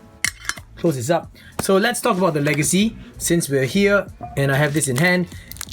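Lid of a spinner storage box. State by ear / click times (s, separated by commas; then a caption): seated / 0.2 s. A spinner has been put back into its storage box with a fitted cut-out, and the box lid is closed, giving a sharp knock at 0.2 s as the lid seats shut. Someone talks for the rest of the clip.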